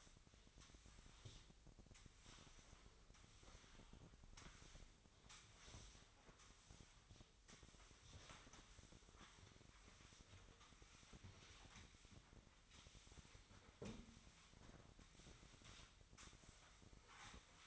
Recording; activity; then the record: daily activity, microphone in the room; sweep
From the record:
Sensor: 3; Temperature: 24.8 degrees Celsius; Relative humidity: 38.3%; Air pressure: 1003.1 hPa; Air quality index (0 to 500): 196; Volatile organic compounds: 6 ppm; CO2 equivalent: 1913 ppm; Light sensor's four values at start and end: 15/35/15/16 and 15/36/15/16